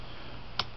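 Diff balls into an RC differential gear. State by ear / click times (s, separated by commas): seated / 0.6 s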